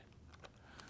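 The plastic battery/card door latch on a Fujifilm FinePix S9800/S9900W bridge camera body is released by unhooking its small clip and sliding the door sideways. Short, sharp clicks are heard at about 0.4, 0.5 and 0.8 seconds as the latch lets go, and the door comes open.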